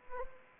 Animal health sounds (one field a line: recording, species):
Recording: mosquito wingbeat signal from an infrared sensor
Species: Anopheles arabiensis